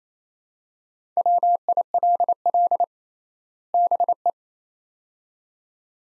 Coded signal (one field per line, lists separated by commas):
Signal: Morse code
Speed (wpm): 28 wpm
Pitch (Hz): 700 Hz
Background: none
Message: WILL BE